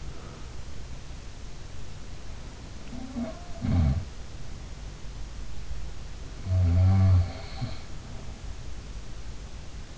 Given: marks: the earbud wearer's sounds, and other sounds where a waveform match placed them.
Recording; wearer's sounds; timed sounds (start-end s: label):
sounds in sleep by an in-ear microphone; breath
0.00-0.44 s: breath
2.89-4.09 s: sound from someone else or the room
6.35-7.79 s: sound from someone else or the room